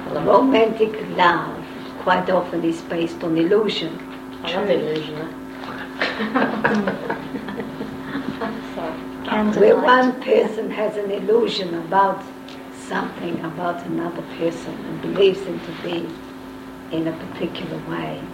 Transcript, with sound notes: Romantic love quite often is based on illusion. I’m illusioner. (Laughter) When one person has an illusion about something about another person and believes in to be in a particular way